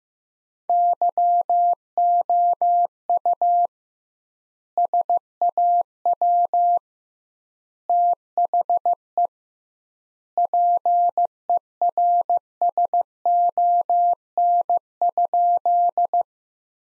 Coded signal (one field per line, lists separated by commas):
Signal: Morse code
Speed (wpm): 15 wpm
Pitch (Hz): 700 Hz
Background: none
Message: YOU SAW THE PERSON?